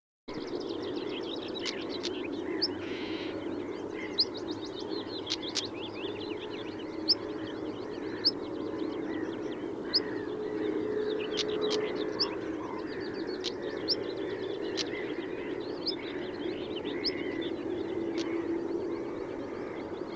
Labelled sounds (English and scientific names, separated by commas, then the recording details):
European Stonechat (Saxicola rubicola) alarm call
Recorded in the wild
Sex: male
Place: Wierden, Overijssel, NL
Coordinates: 52.358, 6.594
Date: 1990-05-18
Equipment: Nagra III BH, Sennheiser MD 21, parabola
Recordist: Schubert, Michael